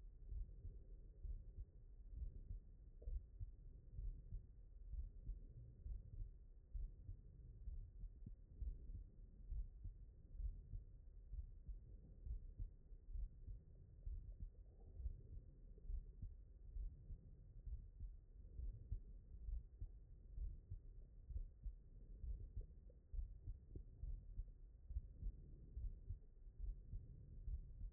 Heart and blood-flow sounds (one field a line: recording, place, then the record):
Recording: heart sounds by stethoscope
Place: mitral valve (MV)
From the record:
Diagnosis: non-HFrEF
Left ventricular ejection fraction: 66%